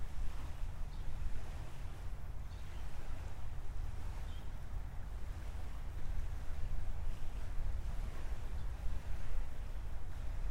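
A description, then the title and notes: Water laps and washes against the shore in a steady, dense roar, with a heavy low rumble from wind buffeting the microphone throughout. A few faint, brief bird chirps rise above the wash near the start and middle. Naval Live Oaks Nature Preserve, Florida. Water hitting the shore, wind blowing through the branches of the trees and birds chirping at Naval Live Oaks Nature Preserve.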